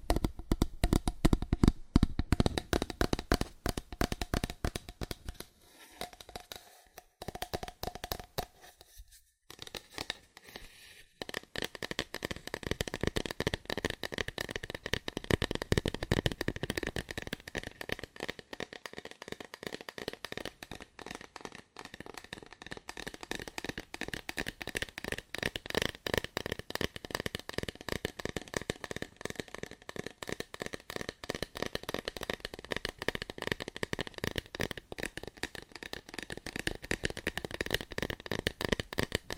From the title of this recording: Fast Aggressive Cardboard Tapping